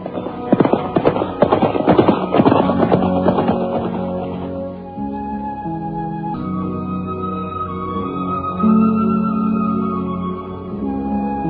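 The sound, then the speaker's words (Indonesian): Horse hooves clip-clop in a brisk, uneven rhythm of sharp knocks for the first few seconds as horses loaded with kapok set off from Candi Kidal, then give way to a steady, sustained tonal hum. “Kemudian mereka memapah banyak kapuk naik ke atas punggung kuda.”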